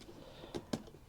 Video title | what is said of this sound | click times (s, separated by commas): How To Fit Martech Air Suspension - Up-plating Our Overloaded Transit Campervan | It'll snap into place. | 0.7 s